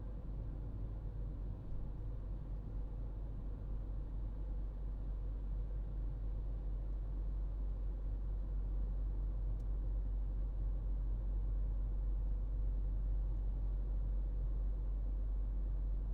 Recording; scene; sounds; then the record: everyday scene through a hearing-aid microphone; in a vehicle; engine, highway driving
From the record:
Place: Berlingo II, diesel engine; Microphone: in the ear canal, right